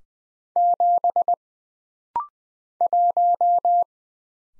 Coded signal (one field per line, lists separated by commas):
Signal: Morse code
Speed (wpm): 20 wpm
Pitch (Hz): 700 Hz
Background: none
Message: 7 1